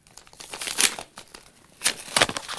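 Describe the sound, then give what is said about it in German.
Paper crinkles and rustles as a letter envelope with something hard inside, a key, is opened, with two louder bursts of crackling and a brief tearing sound between quieter handling noises. No one speaks. “Nie im Leben ist das ein Brief von Susan. Und da ist was drin. Was Hartes.”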